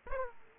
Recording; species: mosquito wingbeat signal from an infrared sensor; Aedes aegypti